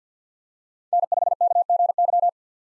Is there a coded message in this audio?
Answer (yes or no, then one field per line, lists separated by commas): yes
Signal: Morse code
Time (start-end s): 0.9-2.3 s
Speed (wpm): 50 wpm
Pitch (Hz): 700 Hz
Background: none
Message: N5KGY